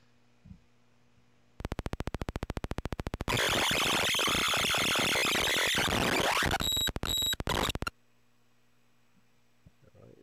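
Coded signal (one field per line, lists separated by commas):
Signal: Commodore tape loading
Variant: Commodore 64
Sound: quiet, then rapid buzzing pulses, then loud harsh screeching noise, choppy bursts, abrupt stop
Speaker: all right so far so good we'll let that move along there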